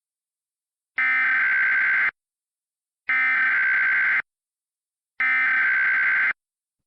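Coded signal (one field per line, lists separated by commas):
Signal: Emergency Alert System (SAME) tones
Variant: header bursts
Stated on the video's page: Mock EAS scenario.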